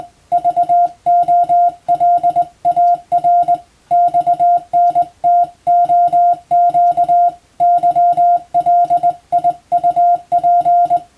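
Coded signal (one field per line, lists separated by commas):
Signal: Morse code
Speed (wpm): 20 wpm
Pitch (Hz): 700 Hz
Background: music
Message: VOLAR XNTOQ YLIUP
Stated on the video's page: Morse practice recorded on the amateur bands by a first-class radiotelegraph operator, aimed at Japan's Morse exam.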